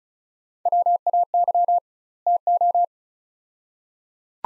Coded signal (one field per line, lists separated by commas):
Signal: Morse code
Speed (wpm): 36 wpm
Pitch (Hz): 700 Hz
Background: none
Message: WAY TO